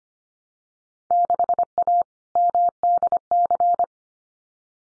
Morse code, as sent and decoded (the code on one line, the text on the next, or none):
-.... .- / -- -.. -.-.
6A MDC